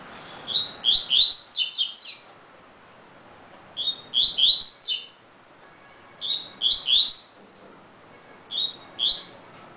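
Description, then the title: Double-collared seedeater delivering repeated high song phrases, a clear whistle leading into tumbling warbled notes, about every two to three seconds, the last phrase shorter. "Canto Coleiro"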